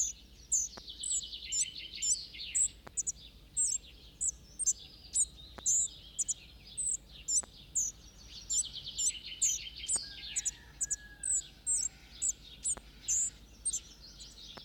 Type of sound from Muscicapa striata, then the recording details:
song. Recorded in the wild. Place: Bergen, Insel Rügen, Mecklenburg-Vorpommern, DE. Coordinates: 54.4135, 13.432. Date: 1969-05-31. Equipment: Nagra III BH, Sennheiser MD 21, parabola. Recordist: Schubert, Michael